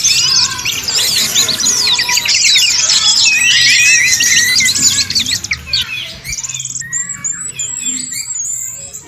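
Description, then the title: Birds chirping in a loud overlapping chorus for about six seconds, then fewer, clearer high whistled notes and short chirps follow more sparsely. "SuaraBurung Kicau"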